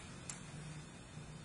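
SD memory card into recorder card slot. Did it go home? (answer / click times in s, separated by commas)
yes / 0.3 s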